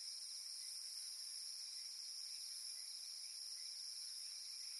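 Cicada droning in a steady, unbroken high-pitched buzz with several bright bands, holding constant throughout.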